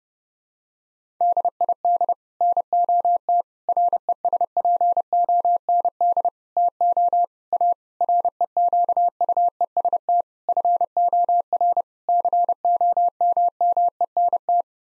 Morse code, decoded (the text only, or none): DID NOT RESPOND TO A REQUEST FOR COMMENT